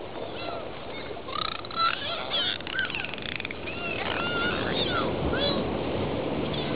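Dolphins whistling: many short upswept and arched whistles, often overlapping, over a broad noisy background.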